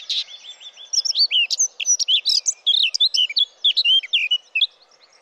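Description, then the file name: Eurasian blackcap song: a soft rapid trill leads into a loud, varied warble of clear whistled and chattering notes. "Sylvia atricapilla"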